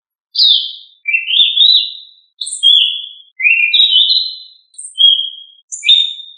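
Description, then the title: Thrush song: clear whistled phrases, some sliding upward and others dropping, delivered in short separate bursts with brief pauses, plus a few high thin notes. "Familia Turdidae - Sabia"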